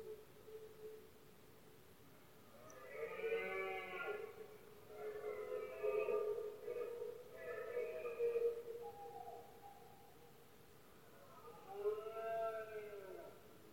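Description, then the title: Red deer stag roaring: several hoarse, harmonic bellows in close succession, a pause, then one more roar, over a low steady drone. Male red deer bellowing during the rut, known in Spain as the berrea or brama del ciervo; recorded at night in Spain, when it is quiet. "Paisaje sonoro: Berrea"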